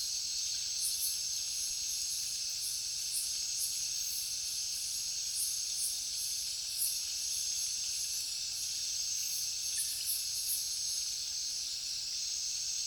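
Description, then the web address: Crickets producing a hissing, continuous high-pitched chorus with pulsing trills layered over it, unchanging throughout. Heavy cricket chorus in a jungle at night. "papadroid sound Nature Jungle Night Heavy Crickets"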